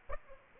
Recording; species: mosquito wingbeat signal from an infrared sensor; Aedes aegypti